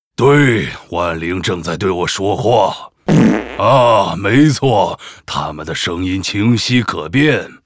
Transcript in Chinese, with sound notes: 对，万灵正在对我说话…… （放屁） 啊，没错，它们的声音清晰可辨……